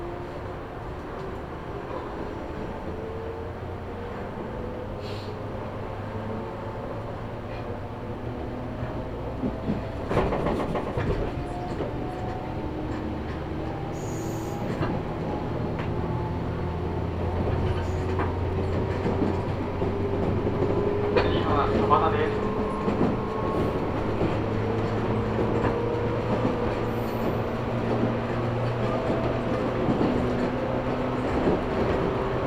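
A ride on the Kagoshima Main Line and Chikuho Main Line train from Kyushu Institute of Technology toward Orio and Honjo. A low rumble runs throughout, with motor tones slowly rising in pitch as the train speeds up. Sharp clanks and knocks come around 10, 15 and 21 seconds.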